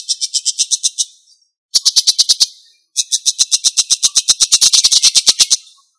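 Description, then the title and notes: Bird song of high pulsed notes in rapid trains, three bursts separated by brief pauses, the last burst longest. Indonesia. "Kumpulan Kicau Burung Indonesia"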